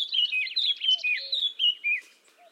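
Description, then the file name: Eurasian blackcap song: one short, rapid warbled phrase of mixed high notes ending in a brief clearer whistle. "Sylvia atricapilla"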